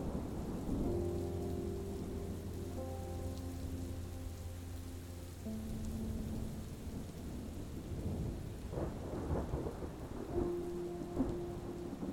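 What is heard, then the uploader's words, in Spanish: Steady rain hisses throughout, with a soft low rumble of distant thunder underneath. Gentle sustained music tones drift over the rain in the first half, fade, then return near the end, while a few brighter crackles and thumps stand out around nine to eleven seconds. El murmullo de la lluvia se mezcla con los destellos de truenos lejanos. La música suave acompaña delicadamente los sonidos de la tormenta.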